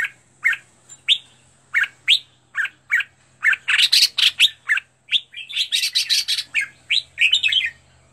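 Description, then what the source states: Red-whiskered bulbul singing short, clear rising chirps at first, then denser rapid warbled phrases towards the middle and end. Training song for teaching birds to sing, with 15 standard song styles.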